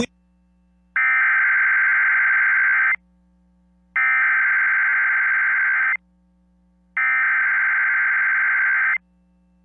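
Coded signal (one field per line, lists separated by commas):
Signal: Emergency Alert System (SAME) tones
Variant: header bursts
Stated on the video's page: EAS tones on NOAA Weather Radio for a PDS Severe Thunderstorm Watch covering nearly all of Wisconsin, shown with WeatherSTAR 4000.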